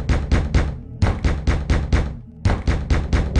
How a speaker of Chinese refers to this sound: 因为我为了开门，所以我来到门很近，而在外面那个人影已经发现了我，他开始很大力地敲门。